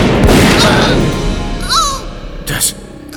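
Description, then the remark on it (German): A loud, sharp gunshot bursts out and rolls off into a rumbling decay, followed by quieter scuffling noises and a brief second burst of noise near the end. The bullet strikes a man in the forehead. “Die Kugel musste ihm in die Stirn gedrungen sein.”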